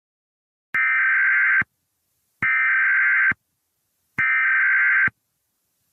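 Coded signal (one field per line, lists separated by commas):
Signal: Emergency Alert System (SAME) tones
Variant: header bursts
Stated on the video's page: Fictional EAS scenario, not a real alert.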